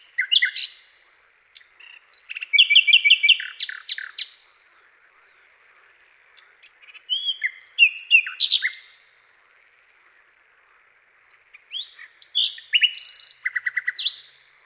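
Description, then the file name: Common nightingale song in varied phrases of rapid buzzy trills, sharp clicks and whistled notes, separated by pauses. "SLOWIKRDZAWY"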